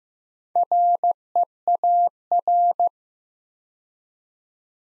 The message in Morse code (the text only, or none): REAR